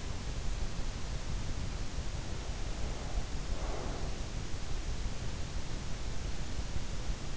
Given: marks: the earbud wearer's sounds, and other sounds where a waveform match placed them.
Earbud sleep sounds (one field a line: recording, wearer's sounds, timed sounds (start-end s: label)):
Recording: sounds in sleep by an in-ear microphone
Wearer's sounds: breath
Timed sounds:
2.73-4.14 s: breath